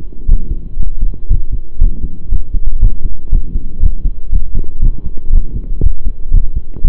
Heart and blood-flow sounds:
heart sounds by stethoscope; between the tricuspid and mitral areas; 119 bpm
0.28 s: heartbeat
0.78 s: heartbeat
1.29 s: heartbeat
1.80 s: heartbeat
2.31 s: heartbeat
2.81 s: heartbeat
3.32 s: heartbeat
3.82 s: heartbeat
4.32 s: heartbeat
4.81 s: heartbeat
5.32 s: heartbeat
5.82 s: heartbeat
6.33 s: heartbeat
6.84 s: heartbeat
From the record:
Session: pedaling a stationary bicycle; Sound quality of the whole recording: saturated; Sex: male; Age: 23 years

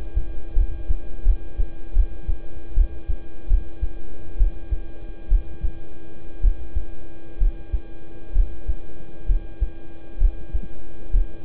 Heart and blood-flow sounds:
heart sounds by stethoscope; between the tricuspid and mitral areas; 68 bpm
0.54 s: heartbeat
1.23 s: heartbeat
1.93 s: heartbeat
2.74 s: heartbeat
3.48 s: heartbeat
4.37 s: heartbeat
5.28 s: heartbeat
6.41 s: heartbeat
7.38 s: heartbeat
8.32 s: heartbeat
9.26 s: heartbeat
10.18 s: heartbeat
11.10 s: heartbeat
From the record:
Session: rest, lying down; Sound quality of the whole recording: good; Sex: male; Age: 26 years

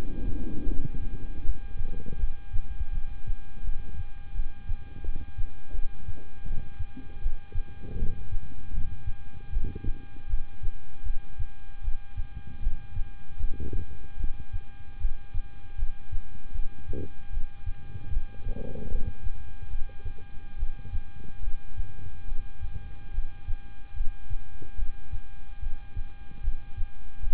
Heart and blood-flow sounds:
heart sounds by stethoscope; between the tricuspid and mitral areas; 77 bpm
0.65 s: heartbeat
1.42 s: heartbeat
2.17 s: heartbeat
2.91 s: heartbeat
3.63 s: heartbeat
4.33 s: heartbeat
5.02 s: heartbeat
5.72 s: heartbeat
6.44 s: heartbeat
7.20 s: heartbeat
7.96 s: heartbeat
8.71 s: heartbeat
9.50 s: heartbeat
10.27 s: heartbeat
11.03 s: heartbeat
11.81 s: heartbeat
12.60 s: heartbeat
13.37 s: heartbeat
14.17 s: heartbeat
14.98 s: heartbeat
15.76 s: heartbeat
16.52 s: heartbeat
17.30 s: heartbeat
18.10 s: heartbeat
18.88 s: heartbeat
19.68 s: heartbeat
20.56 s: heartbeat
21.41 s: heartbeat
22.25 s: heartbeat
23.11 s: heartbeat
23.94 s: heartbeat
24.76 s: heartbeat
25.60 s: heartbeat
26.41 s: heartbeat
27.20 s: heartbeat
From the record:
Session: rest, lying down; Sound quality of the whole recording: good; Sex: male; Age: 26 years

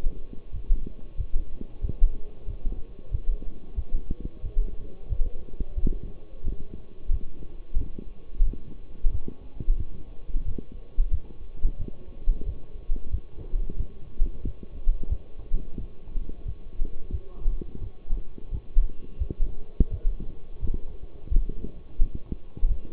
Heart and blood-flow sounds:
heart sounds by stethoscope; between the tricuspid and mitral areas; 89 bpm
0.52 s: heartbeat
1.17 s: heartbeat
1.81 s: heartbeat
2.46 s: heartbeat
3.11 s: heartbeat
3.76 s: heartbeat
4.42 s: heartbeat
5.09 s: heartbeat
5.75 s: heartbeat
6.43 s: heartbeat
7.10 s: heartbeat
7.77 s: heartbeat
8.45 s: heartbeat
9.11 s: heartbeat
9.77 s: heartbeat
10.44 s: heartbeat
11.10 s: heartbeat
11.78 s: heartbeat
12.45 s: heartbeat
13.11 s: heartbeat
13.77 s: heartbeat
14.43 s: heartbeat
15.09 s: heartbeat
15.77 s: heartbeat
16.45 s: heartbeat
17.11 s: heartbeat
17.80 s: heartbeat
18.50 s: heartbeat
19.18 s: heartbeat
19.90 s: heartbeat
20.60 s: heartbeat
21.29 s: heartbeat
21.99 s: heartbeat
22.68 s: heartbeat
From the record:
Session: walking at 3.7 km/h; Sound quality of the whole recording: partially saturated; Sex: male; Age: 24 years

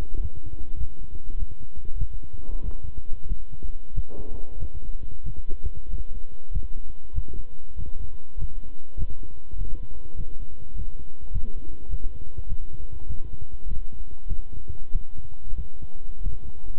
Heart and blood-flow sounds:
heart sounds by stethoscope; between the tricuspid and mitral areas; 97 bpm
0.20 s: heartbeat
0.77 s: heartbeat
1.37 s: heartbeat
1.97 s: heartbeat
2.61 s: heartbeat
3.26 s: heartbeat
3.93 s: heartbeat
4.57 s: heartbeat
5.23 s: heartbeat
5.88 s: heartbeat
6.50 s: heartbeat
7.13 s: heartbeat
7.75 s: heartbeat
8.37 s: heartbeat
8.96 s: heartbeat
9.56 s: heartbeat
10.15 s: heartbeat
10.74 s: heartbeat
11.31 s: heartbeat
11.89 s: heartbeat
12.47 s: heartbeat
13.06 s: heartbeat
13.66 s: heartbeat
14.26 s: heartbeat
14.90 s: heartbeat
15.55 s: heartbeat
16.21 s: heartbeat
From the record:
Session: walking at 3.7 km/h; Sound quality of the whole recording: good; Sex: male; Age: 26 years

